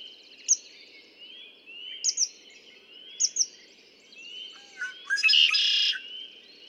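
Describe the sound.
Red-winged blackbird song, a few short high chirps over steady twittering, then a dense buzzy trill near the end.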